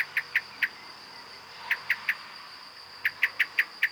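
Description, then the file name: Common blackbird giving short, hard clicking calls in three bursts of three, three and five notes, with a continuous high hum behind. "Turdus merula"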